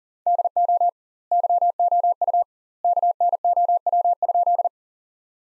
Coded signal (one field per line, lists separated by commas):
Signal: Morse code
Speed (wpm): 40 wpm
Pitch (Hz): 700 Hz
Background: none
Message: DO YOU KNOW?